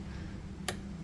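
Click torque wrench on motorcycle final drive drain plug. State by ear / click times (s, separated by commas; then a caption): torque reached / 0.7 s. A preset click-type torque wrench tightens the drain plug on a motorcycle final drive until the wrench breaks over at its setting. A single short, sharp click sounds at 0.7 s over a steady low hum, confirming the plug has reached its set torque.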